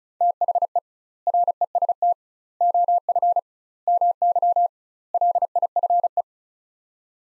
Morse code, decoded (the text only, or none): THE REST OF MY LIFE